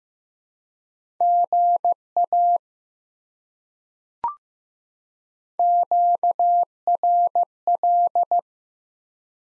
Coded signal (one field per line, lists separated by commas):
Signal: Morse code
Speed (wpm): 15 wpm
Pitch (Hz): 700 Hz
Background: none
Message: GA QRL